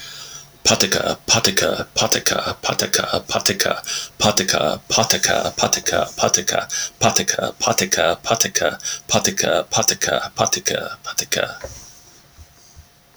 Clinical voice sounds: repeated syllables /pa ta ka/; male; 30 to 39 years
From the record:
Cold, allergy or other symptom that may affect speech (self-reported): no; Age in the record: 35 years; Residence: Kentucky, United States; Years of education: 14

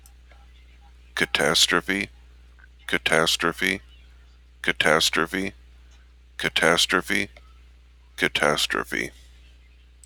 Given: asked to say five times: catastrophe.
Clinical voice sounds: repeated word; male; 50 to 59 years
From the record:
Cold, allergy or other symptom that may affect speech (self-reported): no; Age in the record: 58 years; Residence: Minnesota, United States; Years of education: 14

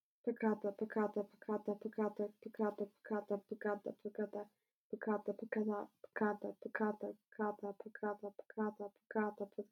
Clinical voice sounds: repeated syllables /pa ta ka/; female; 20 to 29 years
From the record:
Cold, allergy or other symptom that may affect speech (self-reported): no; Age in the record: 20 years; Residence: Utah, United States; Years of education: 13

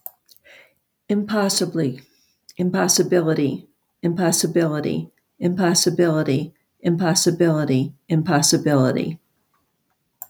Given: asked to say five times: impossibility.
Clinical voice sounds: repeated word; female; 70 to 79 years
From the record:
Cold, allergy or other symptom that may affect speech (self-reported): no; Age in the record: 72 years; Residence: North Carolina, United States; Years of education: 16

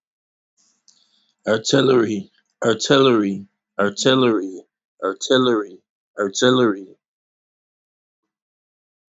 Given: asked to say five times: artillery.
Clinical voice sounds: repeated word; male; 40 to 49 years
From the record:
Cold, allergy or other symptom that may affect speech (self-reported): no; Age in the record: 45 years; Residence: Illinois, United States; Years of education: 18

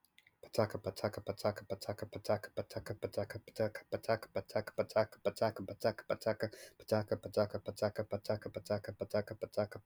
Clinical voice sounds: repeated syllables /pa ta ka/; male; 30 to 39 years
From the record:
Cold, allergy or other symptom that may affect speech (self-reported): no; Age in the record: 31 years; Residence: California, United States

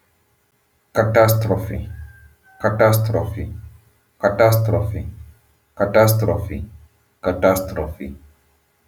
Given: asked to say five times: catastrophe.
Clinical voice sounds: repeated word; male; 30 to 39 years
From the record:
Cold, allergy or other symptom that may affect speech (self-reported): no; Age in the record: 30 years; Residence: United States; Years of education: 16

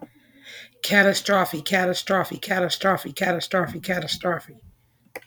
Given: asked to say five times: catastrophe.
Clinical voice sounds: repeated word; female; 40 to 49 years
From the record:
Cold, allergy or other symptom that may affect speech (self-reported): no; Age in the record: 41 years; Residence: Michigan, United States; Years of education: 19

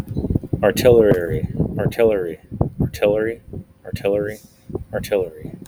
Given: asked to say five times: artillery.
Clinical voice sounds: repeated word; male; 20 to 29 years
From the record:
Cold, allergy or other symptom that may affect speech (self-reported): no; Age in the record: 28 years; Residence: California, United States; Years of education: 16

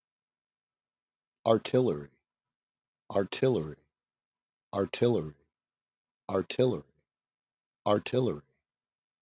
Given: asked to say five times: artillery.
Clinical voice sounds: repeated word; male; 50 to 59 years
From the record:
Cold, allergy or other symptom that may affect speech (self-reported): no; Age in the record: 56 years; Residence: New York, United States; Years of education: 13

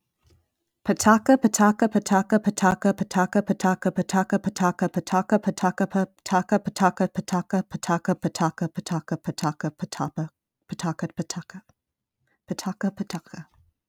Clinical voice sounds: repeated syllables /pa ta ka/; female; 20 to 29 years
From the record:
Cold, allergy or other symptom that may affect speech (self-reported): no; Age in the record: 29 years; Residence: California, United States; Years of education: 16

